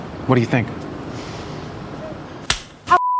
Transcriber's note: soundbite of hand slapping